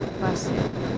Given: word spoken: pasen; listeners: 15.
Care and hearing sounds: one Spanish word in noise, from a listening test; noise modulated by three-talker babble; -5.7 dB; 4 of 15; 10 of 15; 0.58 s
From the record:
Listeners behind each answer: 10, 4, 1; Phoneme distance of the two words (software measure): 7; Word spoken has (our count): 2 syllables, 5 phonemes, stress on syllable 1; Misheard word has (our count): 2 syllables, 4 phonemes, stress on syllable 1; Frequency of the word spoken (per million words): 7.32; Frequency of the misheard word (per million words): 38.86

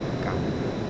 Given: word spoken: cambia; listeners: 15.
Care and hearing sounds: one Spanish word in noise, from a listening test; speech-shaped noise; -5.2 dB; 0 of 15; 11 of 15; 0.50 s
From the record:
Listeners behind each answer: 11, 1, 1, 1, 1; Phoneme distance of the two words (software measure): 27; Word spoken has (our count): 2 syllables, 6 phonemes, stress on syllable 1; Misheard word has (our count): 2 syllables, 5 phonemes, stress on syllable 1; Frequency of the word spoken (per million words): 27.08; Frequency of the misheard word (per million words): 201.72

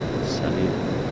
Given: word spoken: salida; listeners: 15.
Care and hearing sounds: one Spanish word in noise, from a listening test; speech-shaped noise; -5.3 dB; 1 of 15; 13 of 15; 0.71 s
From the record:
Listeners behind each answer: 13, 1, 1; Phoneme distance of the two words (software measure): 17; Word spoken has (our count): 3 syllables, 6 phonemes, stress on syllable 2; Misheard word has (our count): 2 syllables, 5 phonemes, stress on syllable 2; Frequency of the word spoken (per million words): 104.21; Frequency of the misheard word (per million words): 147.13

